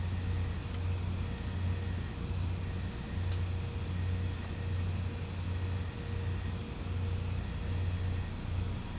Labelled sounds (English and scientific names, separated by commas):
none